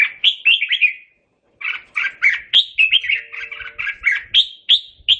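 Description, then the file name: Red-whiskered bulbul song of quick, cheerful whistled notes in a rapid run, a short pause after the first second, then steady chirping. Singing and calling to the flock; ringtone. "Tieng chim Chao Mao hot goi bay"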